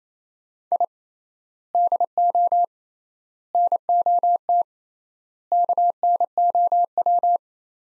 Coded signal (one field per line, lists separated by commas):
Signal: Morse code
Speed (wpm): 28 wpm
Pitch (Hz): 700 Hz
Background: none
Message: I DO NOT KNOW